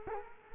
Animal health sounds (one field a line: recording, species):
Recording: mosquito wingbeat signal from an infrared sensor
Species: Culex quinquefasciatus